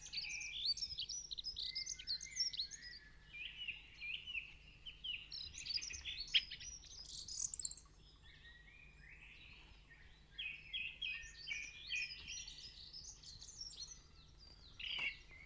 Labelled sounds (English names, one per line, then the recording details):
Song Thrush song
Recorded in the wild
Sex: male
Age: adult
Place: Kaiserslautern, Rheinland-Pfalz, DE
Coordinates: 49.26, 7.45
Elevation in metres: 260
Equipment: Nagra IV, Sennheiser MKH 405, Parabolreflektor
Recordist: Tretzel, Erwin